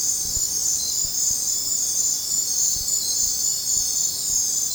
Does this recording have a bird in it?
no